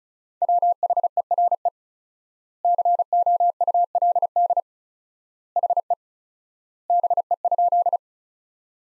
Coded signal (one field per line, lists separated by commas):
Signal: Morse code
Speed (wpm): 36 wpm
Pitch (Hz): 700 Hz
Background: none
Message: WHERE COULD HE BE?